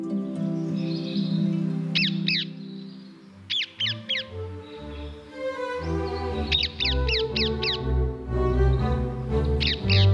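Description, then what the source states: Parakeets giving harsh, screechy calls in short bursts of two to five notes, repeated throughout over a steady low tonal background. Hundreds of parakeets flying over the Vecht at dusk every evening to roost in Utrecht, in autumn.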